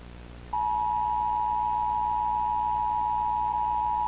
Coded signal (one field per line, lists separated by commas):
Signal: Emergency Alert System (SAME) tones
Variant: 853 and 960 Hz attention tone